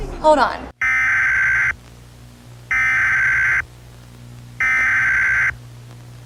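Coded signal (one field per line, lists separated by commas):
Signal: Emergency Alert System (SAME) tones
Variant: header bursts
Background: speech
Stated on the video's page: Fictional end-of-world EAS scenario.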